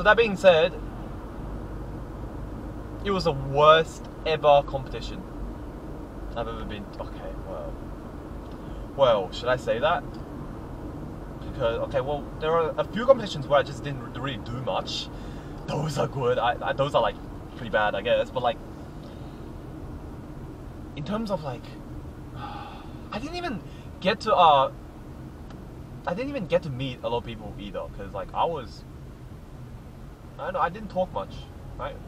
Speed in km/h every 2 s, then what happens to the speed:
52, 56, 57, 55, 54, 53, 52, 49, 45, 40, 38, 35, 33, 28, 23, 22.
0-12 steady at about 54. 12-28 slows to 23.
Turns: none.